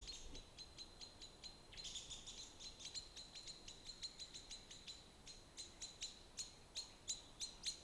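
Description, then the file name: Eurasian blackbird thin ticking calls repeated steadily in a long series, with a couple of brief pauses, over a soft hiss. "Turdus merula"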